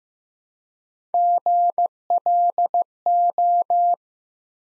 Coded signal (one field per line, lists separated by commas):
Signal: Morse code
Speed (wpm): 15 wpm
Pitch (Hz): 700 Hz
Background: none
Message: GLO